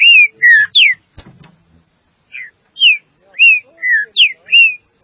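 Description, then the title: Green-winged saltator song: loud, clear whistled phrases of slurred notes, some falling and some rising, in two bursts separated by a pause with a faint knock. "Trinca Ferro"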